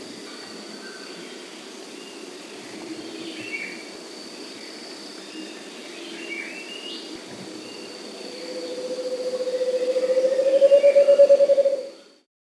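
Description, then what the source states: Scaled antpitta song near the end: a low hollow series of rapid notes building in loudness and edging upward, over a constant high insect drone and faint background calls. Recorded in South America.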